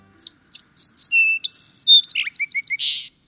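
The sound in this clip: Song Sparrow song: a few sharp introductory notes, a steady note, then a quick jumble of varied chips and a final buzzy note, all high-pitched.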